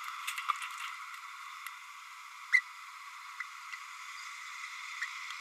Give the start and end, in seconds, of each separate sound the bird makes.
0.49-0.52, 2.52-2.61, 3.40-3.43, 5.01-5.05